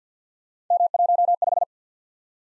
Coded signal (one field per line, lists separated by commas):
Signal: Morse code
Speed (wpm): 52 wpm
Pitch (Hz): 700 Hz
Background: none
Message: M15